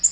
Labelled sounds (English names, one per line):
Black-throated Green Warbler flight call